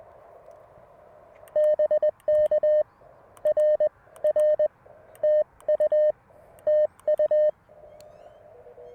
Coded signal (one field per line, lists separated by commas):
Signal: Morse code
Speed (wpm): 20 wpm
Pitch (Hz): 610 Hz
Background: none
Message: BK R R TU TU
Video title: Budget CW Ep. #2 - MTR4B, CW Morse, and 17' Whip at the Beach!